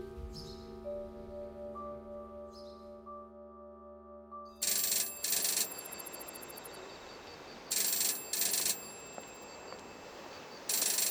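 A telephone bell rings in two loud double bursts, harsh and metallic, after a quieter stretch of steady humming tones and faint clicks: an incoming call from Germany. No one speaks.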